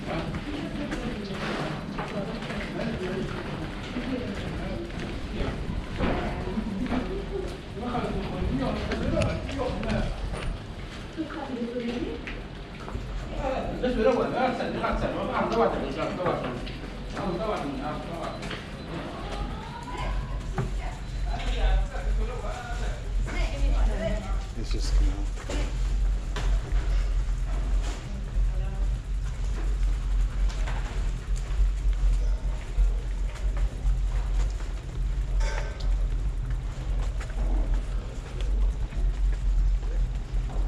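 Footsteps and murmuring voices echo through a psychedelic tunnel in Utrecht, giving way after twenty seconds to a steady low rumble with occasional clicks.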